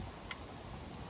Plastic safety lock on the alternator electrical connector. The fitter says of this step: Push into you hear it click.